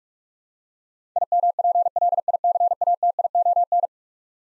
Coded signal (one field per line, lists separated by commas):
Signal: Morse code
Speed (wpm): 41 wpm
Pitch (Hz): 700 Hz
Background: none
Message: IMPLICATION